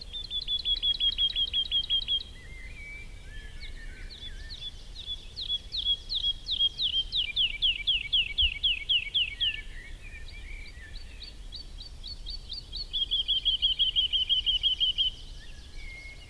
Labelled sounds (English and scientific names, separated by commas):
Wood Lark (Lullula arborea) song